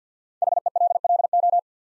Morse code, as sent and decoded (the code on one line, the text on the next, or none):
.... . .-.. .-.. ---
HELLO